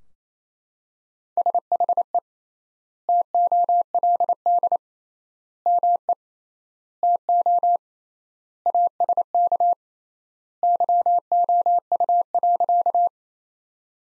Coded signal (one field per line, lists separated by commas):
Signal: Morse code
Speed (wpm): 27 wpm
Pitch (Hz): 700 Hz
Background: none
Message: SHE TOLD ME TO ASK YOU.